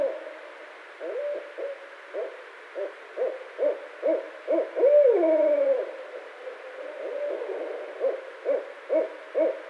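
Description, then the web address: Barred owl calls, a series of short hoots repeated roughly every half second, broken by one loud drawn-out descending wail, then more spaced hoots. Recorded on 16 February 2012. "Barred Owl 2012 02 16"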